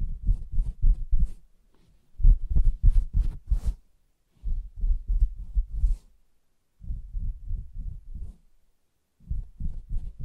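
Fingers tap and scratch across a soft fabric surface in quick, muffled bursts, each lasting about a second or two with short silent pauses between. The taps are dull and low, with occasional sharper scratchy flicks, especially around two to four seconds.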